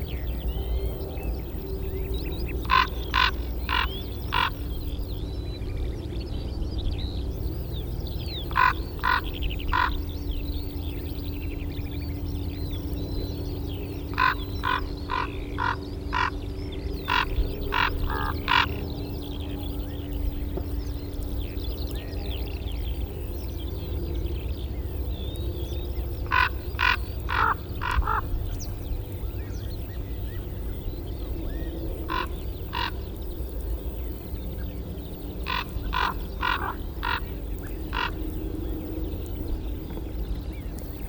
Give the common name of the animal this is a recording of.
Common Raven